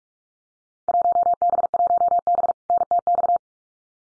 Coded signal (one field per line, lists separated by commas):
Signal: Morse code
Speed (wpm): 46 wpm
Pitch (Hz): 700 Hz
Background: none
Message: 1B1B NTX